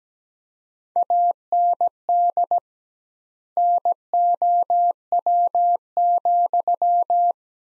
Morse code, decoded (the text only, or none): AND NOW,